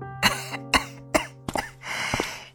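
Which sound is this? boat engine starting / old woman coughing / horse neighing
old woman coughing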